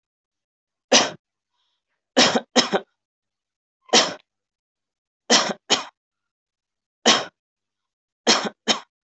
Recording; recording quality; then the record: heavy voluntary cough; excellent, no background noise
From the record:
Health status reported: healthy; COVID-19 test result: not tested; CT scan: not taken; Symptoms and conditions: none ticked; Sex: male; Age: 22 years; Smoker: no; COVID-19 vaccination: none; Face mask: not worn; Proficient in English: yes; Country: India